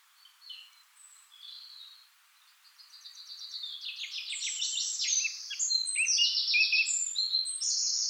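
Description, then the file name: Eurasian blackcap song: quiet scattered notes, then a run of rapid rattling elements building in loudness, ending in loud, clear whistled phrases. "Sylvia atricapilla"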